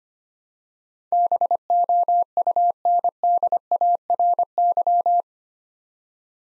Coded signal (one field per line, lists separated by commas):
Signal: Morse code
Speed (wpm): 25 wpm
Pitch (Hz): 700 Hz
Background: none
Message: BOUNDARY